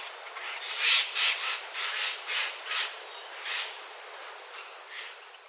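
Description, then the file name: Eurasian jay uttering repeated rasping calls, about three a second at first, then slowing and fading toward the end. "kakesu"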